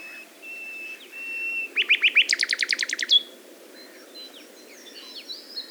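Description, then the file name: Common nightingale song: a drawn-out whistled note, then a burst of many rapid, loud, repeated pulses, ending in a short note. "Luscinia megarhynchos"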